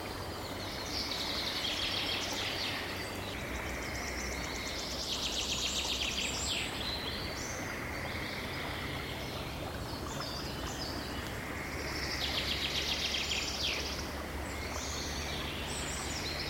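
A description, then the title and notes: Tropical birds chirp in bright, busy bursts around 1, 5 and 12 seconds over a steady bed of rustling noise and low hum. Tropical Birds Singing & Chirping In A Dreamy Forest. The trees are alive with the gentle rustling of leaves and gracious feathered musicians.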